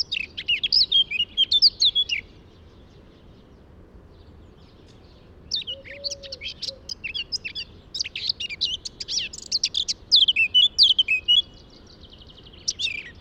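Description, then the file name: Eurasian blackcap song: two bursts of quick, high warbled and chattering notes separated by a silent gap of about three seconds, then a brief final burst. "Sylvia atricapilla"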